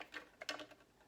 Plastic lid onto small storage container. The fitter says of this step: and did you hear that like it clicked and